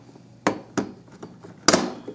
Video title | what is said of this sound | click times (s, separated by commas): Building My First PC! Part 2- The Motherboard | there we go I hear the little click | 0.5 s, 1.7 s